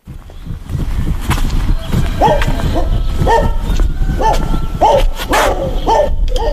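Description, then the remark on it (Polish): A dog in a household yard in Poland barks in a quick run of about seven sharp, mid-pitched barks, spaced roughly half a second apart, over a constant bed of rustling background noise. “Proszę bardzo, piesek nie gryzie, także spokojnie na głowę.”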